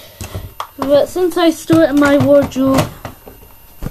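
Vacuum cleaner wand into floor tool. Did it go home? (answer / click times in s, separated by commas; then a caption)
yes / 0.6 s. After some struggling, a plastic wand of a Russell Hobbs vacuum cleaner is pressed into the floor tool until it locks, with a sharp click at 0.6 s and fainter knocks around 0.2 s and 3.1 s. Someone talks over most of the clip. The wand is seated in the floor tool.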